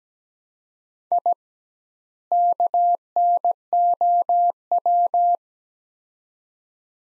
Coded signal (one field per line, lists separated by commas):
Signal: Morse code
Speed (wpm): 17 wpm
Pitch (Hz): 700 Hz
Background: none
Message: I KNOW